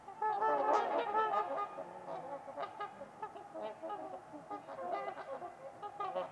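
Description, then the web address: Trumpeter swans in a busy chorus of overlapping nasal honks, loudest in the first two seconds, then continuing in softer, irregular bursts. Trumpeter swans on a winter's eve at Winters Lake in a deep valley. "Trumpeter Swans on a Winter's Eve. Nick-Mc Mahan Winters-Lake-with-Swan. Wind Is the Original Radio"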